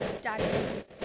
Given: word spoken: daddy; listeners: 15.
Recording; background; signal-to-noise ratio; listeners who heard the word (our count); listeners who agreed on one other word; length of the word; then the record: one English word in noise, from a listening test; noise modulated by three-talker babble; -6.7 dB; 0 of 15; 8 of 15; 0.65 s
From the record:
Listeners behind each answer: 8, 2, 1, 1, 1, 1, 1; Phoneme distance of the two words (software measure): 20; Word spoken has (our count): 2 syllables, 4 phonemes, stress on syllable 1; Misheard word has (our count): 2 syllables, 4 phonemes, stress on syllable 1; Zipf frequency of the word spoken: 4.59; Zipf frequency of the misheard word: 3.28